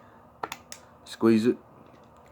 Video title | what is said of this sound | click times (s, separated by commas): Stoeger condor detailed review | hear it click, firearm's locked. | 0.4 s